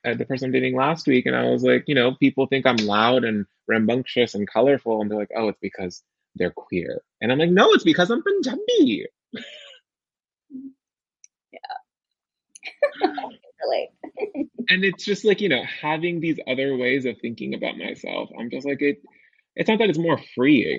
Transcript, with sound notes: the person I’m dating last week, and I was like, you know, “People think I’m loud and rambunctious and colorful. And they’re like, ‘Oh, it’s because they’re queer.’” And I’m like, “No, it’s because I’m Panjabi!” [mutual chuckles] And it’s just like, you know, having these other ways of thinking about myself, I’m just like it— it’s not that it’s more freeing.